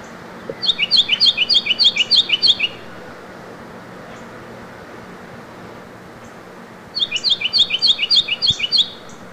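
Carolina wren song: two bursts of fast, repeated whistled phrases, several phrases each, separated by a few seconds of quiet.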